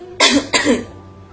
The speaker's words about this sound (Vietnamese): Hai tiếng ho khan cắt ngang say mê của Lục Tuyệt Thanh.